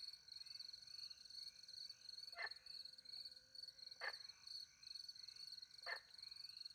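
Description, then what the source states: Frog giving three short, rasping croaks spaced about two seconds apart, over a steady high shrill chorus of crickets. Recorded by night in the French countryside beside a little pond, with crickets; microphones hidden in a tree near the pond; two Usi Pro microphones into a MixPre-10 II recorder.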